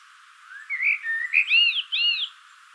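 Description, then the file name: Common blackbird delivering a single rich, fluty phrase of arching whistled notes that rise and fall, lasting under two seconds. "Turdus merula"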